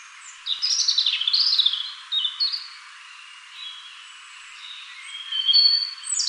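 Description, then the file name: European robin singing a burst of high, warbled notes and slides, then falling quiet before thin, drawn-out whistles return near the end. "Erithacus rubecula"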